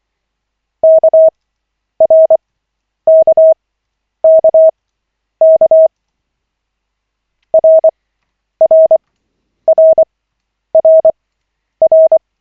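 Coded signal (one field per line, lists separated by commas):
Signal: Morse code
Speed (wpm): 24 wpm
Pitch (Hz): 640 Hz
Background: none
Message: KRKKK RRRRR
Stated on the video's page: Koch-method Morse practice session of five minutes, lesson 5 of 40, generated by the LCWO.net website.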